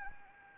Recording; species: mosquito wingbeat signal from an infrared sensor; Anopheles arabiensis